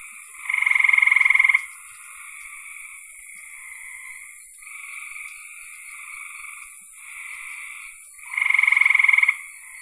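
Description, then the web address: Frogs calling in chorus, with loud pulsed trills at the start and near the end and quieter trills between, plus a steady high hiss. "cn frogs"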